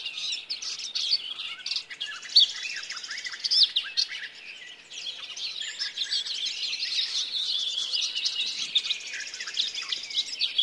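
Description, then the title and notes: Garden Warbler song, a fast, sustained, bubbling warble of high notes running almost without pause, over a soft background hiss. Nature sound of the week presented by Risto Nevanlinna; song described as fast-paced and flute-like, coming from hidden spots in deciduous trees. "Lehtokerttu. Viikon luontoäänen lehtokertun esitteli Risto Nevanlinna"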